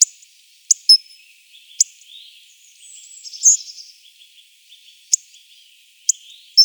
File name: hawfinch